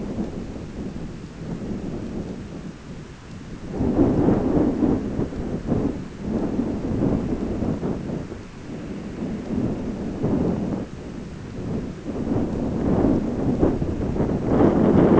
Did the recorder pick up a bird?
no